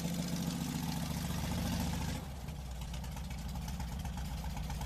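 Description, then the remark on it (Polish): A vintage off-road motorcycle, a 1200 cc machine built from Ural, M-72 and Dnepr parts with a Volkswagen Beetle engine, registered in 1948, idles with a steady, low, throbbing rumble, then drops to a slightly softer, smoother idle about halfway through. No one speaks. “No i jest to niesamowity motor. On ma ducha. I ciągnie, w terenie jest idealny.”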